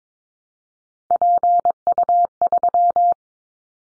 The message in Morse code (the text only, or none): PU3